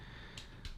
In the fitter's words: that snapped into place is actually not that easy even though it is bending up a little bit and